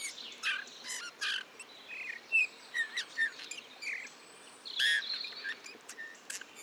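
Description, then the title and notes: Eurasian bullfinch singing a quiet babbling song of separated chirps, short whistles and buzzy notes, coming in uneven bursts over low hiss. Male in breeding plumage perched on a budding blackthorn, La Sarcena, Drôme, France, 15 March 2020; a few calls, then a soft babbling song barely audible; recorded with parabolic reflector, Nagra Seven, Telinga Pro7. "LE CHANT DE LA DISCRETION. 15 mars 2020-La Sarcena - Drôme. Bouvreuil pivoine (Pyrrhula pyrrhula) mâle"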